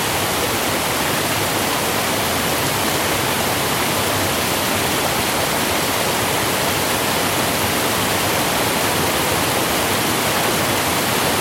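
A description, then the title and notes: A dense wall of noise built from nature recordings, hissing steadily like rushing water with strong bright highs and a thinner low end. The loudness holds constant across the eleven seconds, with no distinct events or breaks, only a fine churning texture throughout. Noise wall drone I created using various field recordings of nature, that I made over the last few years.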